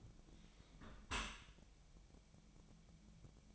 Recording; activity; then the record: daily activity, microphone in the room; close dishwasher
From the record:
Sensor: 1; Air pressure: 1006.8 hPa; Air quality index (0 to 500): 209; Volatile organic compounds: 24 ppm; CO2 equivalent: 2812 ppm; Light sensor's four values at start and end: 12/32/12/14 and 12/32/12/14